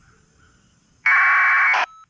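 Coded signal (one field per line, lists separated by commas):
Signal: packet radio (AX.25, as in APRS)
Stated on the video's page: APRS packets sent through the International Space Station digipeater.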